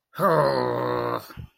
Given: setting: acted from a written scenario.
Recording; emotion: vocal sound without words; anger